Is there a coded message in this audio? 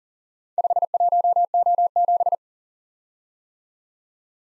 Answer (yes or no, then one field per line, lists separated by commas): yes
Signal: Morse code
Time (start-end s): 0.6-2.4 s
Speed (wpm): 37 wpm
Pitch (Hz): 700 Hz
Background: none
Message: 51O7